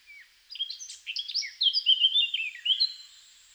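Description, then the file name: Eurasian blackcap song, a brief soft note followed by a fast jumbled warble ending in bright, clear whistled phrases. "Sylvia atricapilla"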